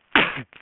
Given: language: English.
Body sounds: throat vibration sensor signal played as sound; cough

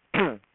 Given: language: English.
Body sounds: throat vibration sensor signal played as sound; throat clearing

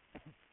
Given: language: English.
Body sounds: throat vibration sensor signal played as sound; cough

